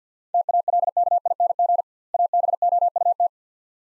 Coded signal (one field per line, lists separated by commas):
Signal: Morse code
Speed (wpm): 45 wpm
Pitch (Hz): 700 Hz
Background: none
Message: TALKING ABOUT